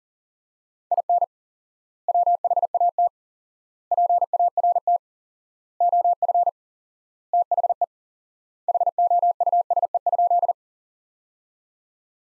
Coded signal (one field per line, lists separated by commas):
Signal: Morse code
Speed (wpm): 40 wpm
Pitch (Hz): 700 Hz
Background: none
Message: IN WHAT PART OF THE HOUSE?